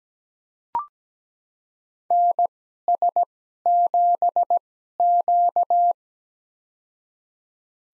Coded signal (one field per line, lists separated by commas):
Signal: Morse code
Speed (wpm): 17 wpm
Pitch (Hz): 700 Hz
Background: none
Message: NS7Q